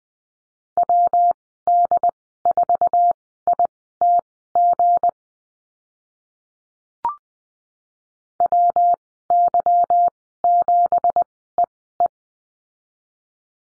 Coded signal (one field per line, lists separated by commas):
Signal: Morse code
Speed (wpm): 19 wpm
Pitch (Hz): 700 Hz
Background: none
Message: WD4ITG WY7EE